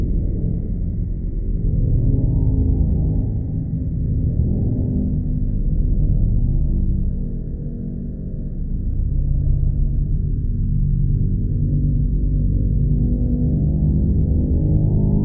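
A creepy, low atmosphere ambience: a deep, dark drone that holds steadily for the whole stretch, with nothing above a muffled low range. It swells and eases slowly, dipping around the eighth second and rising again, with a faint metallic, gong-like hum inside it.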